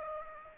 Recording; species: mosquito wingbeat signal from an infrared sensor; Aedes aegypti